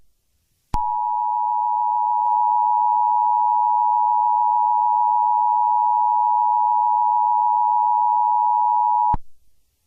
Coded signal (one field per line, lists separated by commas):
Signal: Emergency Alert System (SAME) tones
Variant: 853 and 960 Hz attention tone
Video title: Eas scenario ￼- The Killer (full version)